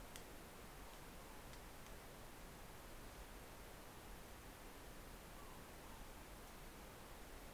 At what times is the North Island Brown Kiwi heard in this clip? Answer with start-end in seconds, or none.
none